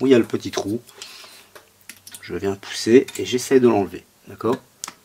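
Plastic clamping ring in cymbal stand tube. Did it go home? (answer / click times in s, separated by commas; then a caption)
released / 4.8 s. A broken plastic clamping ring inside the tube of a Pearl cymbal stand is pushed through the small hole to get it out while someone talks. Quiet taps and handling noises come at about 1.6 to 2.1 seconds, then a sharp clack at 4.8 seconds as the ring pops free of the stand.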